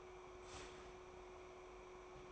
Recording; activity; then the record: daily activity, microphone in the room; start toaster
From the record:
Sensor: 1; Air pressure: 1014.7 hPa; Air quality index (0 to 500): 202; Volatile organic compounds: 35 ppm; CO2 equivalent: 3062 ppm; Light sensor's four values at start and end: 3/8/3/3 and 3/8/3/3